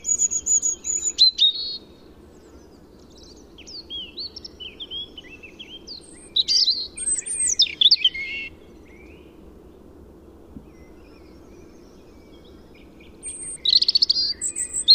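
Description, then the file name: European robin song: high, thin phrases of mixed whistles and quick trills, broken by pauses, with scattered faint twittering notes between them. "Erithacus rubecula"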